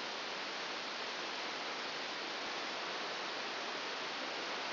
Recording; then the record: brain microelectrode recording played as sound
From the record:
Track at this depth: inside the subthalamic nucleus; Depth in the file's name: 4.208 mm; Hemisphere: right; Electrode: 2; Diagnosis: Parkinson's disease